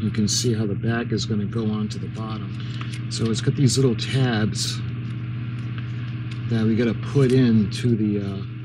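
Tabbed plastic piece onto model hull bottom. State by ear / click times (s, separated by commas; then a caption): not seated / none. Someone talks while handling a tabbed plastic piece for an AGORA Models 1:200 scale RMS Titanic model, lining it up to press onto the bottom of the hull over a steady low hum. Brief handling taps are heard around 5.8 s and 6.3 s, and nothing has seated or clicked into place yet.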